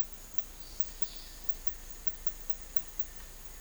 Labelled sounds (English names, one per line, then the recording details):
none
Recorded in dense forest near Puerto Asís, Putumayo, Colombia, on 18 December 2024 at 11:00
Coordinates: 0.484, -76.317
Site G026